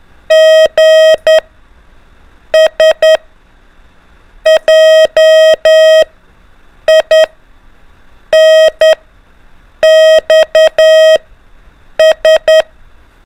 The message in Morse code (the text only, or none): G SJINXS